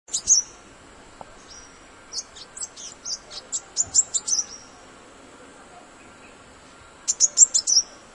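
Yellow-rumped sunbird calls, very high thin chittering notes in short bursts near the start, middle and end, with a faint steady hum beneath.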